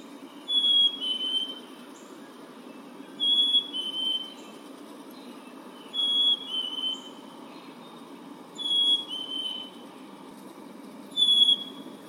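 Bird giving a two-note whistled phrase, high then slightly lower, repeated roughly every two and a half seconds over a soft low hum.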